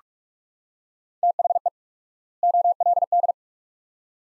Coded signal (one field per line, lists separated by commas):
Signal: Morse code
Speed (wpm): 41 wpm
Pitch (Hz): 700 Hz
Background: none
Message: THE OLD